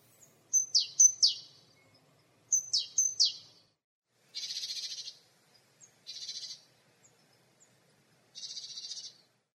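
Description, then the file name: Great tit giving clipped, falling high notes in two groups of three, followed by three harsh, buzzy churring rasps at intervals in a quiet setting. "Parus major"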